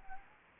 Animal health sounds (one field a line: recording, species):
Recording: mosquito wingbeat signal from an infrared sensor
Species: Anopheles gambiae